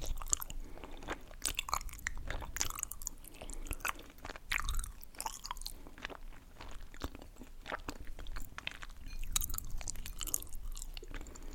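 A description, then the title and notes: Wet eating and mouth sounds with frequent crisp chewing clicks and crunches, irregular but steady throughout. Eating Sounds & Mouthsounds.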